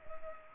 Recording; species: mosquito wingbeat signal from an infrared sensor; Culex pipiens